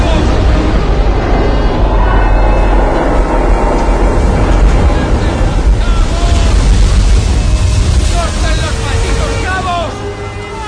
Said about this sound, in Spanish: Las olas baten la cubierta superior escorada a babor.